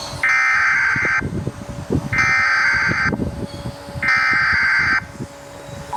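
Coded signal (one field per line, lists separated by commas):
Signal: Emergency Alert System (SAME) tones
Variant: header bursts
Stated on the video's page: Animated recreation of an EAS alarm, not a real broadcast.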